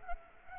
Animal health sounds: mosquito wingbeat signal from an infrared sensor; Culex pipiens

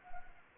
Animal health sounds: mosquito wingbeat signal from an infrared sensor; Anopheles arabiensis

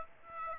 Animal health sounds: mosquito wingbeat signal from an infrared sensor; Aedes aegypti

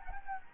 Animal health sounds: mosquito wingbeat signal from an infrared sensor; Anopheles gambiae

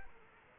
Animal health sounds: mosquito wingbeat signal from an infrared sensor; Aedes aegypti

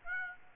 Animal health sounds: mosquito wingbeat signal from an infrared sensor; Aedes aegypti

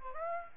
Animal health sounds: mosquito wingbeat signal from an infrared sensor; Aedes aegypti

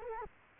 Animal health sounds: mosquito wingbeat signal from an infrared sensor; Culex quinquefasciatus

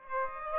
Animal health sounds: mosquito wingbeat signal from an infrared sensor; Aedes aegypti

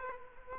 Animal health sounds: mosquito wingbeat signal from an infrared sensor; Culex quinquefasciatus

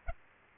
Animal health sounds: mosquito wingbeat signal from an infrared sensor; Aedes aegypti

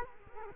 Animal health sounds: mosquito wingbeat signal from an infrared sensor; Culex quinquefasciatus

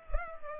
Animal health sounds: mosquito wingbeat signal from an infrared sensor; Culex pipiens

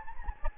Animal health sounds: mosquito wingbeat signal from an infrared sensor; Anopheles gambiae

